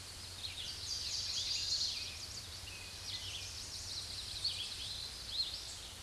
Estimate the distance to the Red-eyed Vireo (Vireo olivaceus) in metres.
about 30 m